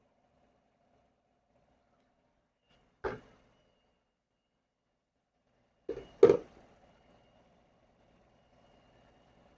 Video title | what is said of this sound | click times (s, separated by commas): AC Recharge Quick Fix | all right I heard a click | 6.2 s